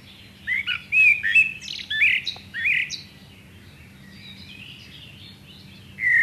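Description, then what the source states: Common blackbird singing a rich mellow warbled phrase that breaks into thin high twittering notes, then a quiet gap, and a new fluted phrase begins at the very end. Nominate subspecies Turdus merula merula.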